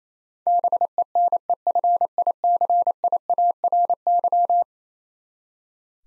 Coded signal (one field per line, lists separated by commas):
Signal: Morse code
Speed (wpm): 28 wpm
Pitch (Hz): 700 Hz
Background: none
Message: BENEFICIARY